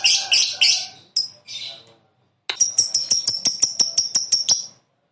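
Lovebird chirping: a few shrill notes, a short silence, then a fast series of thin ticking calls.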